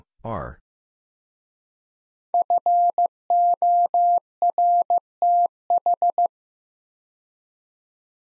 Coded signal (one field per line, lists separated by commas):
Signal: Morse code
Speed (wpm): 15 wpm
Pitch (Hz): 700 Hz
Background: none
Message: FORTH